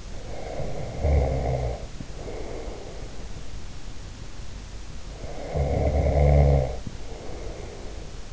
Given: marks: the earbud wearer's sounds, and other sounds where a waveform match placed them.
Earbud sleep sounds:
sounds in sleep by an in-ear microphone; snoring breath
0.00-3.36 s: snoring breath
5.04-8.14 s: snoring breath

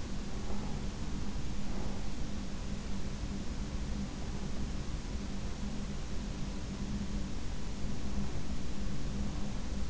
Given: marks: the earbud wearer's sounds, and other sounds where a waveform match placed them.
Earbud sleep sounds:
sounds in sleep by an in-ear microphone; breath
0.00-2.17 s: breath

